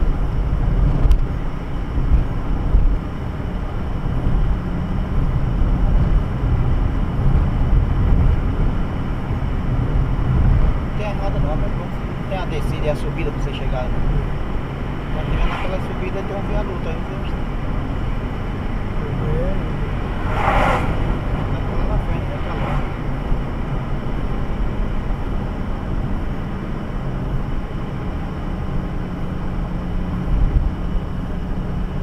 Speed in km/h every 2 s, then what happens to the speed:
61, 63, 66, 70, 71, 73, 75, 76, 76, 75, 74, 69, 66, 64, 63, 64.
0-14 speeds up to 76. 14-20 steady at about 75. 20-25 slows to 64. 25-32 steady at about 64.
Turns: none.